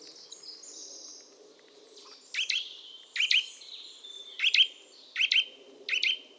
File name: Sitta europaea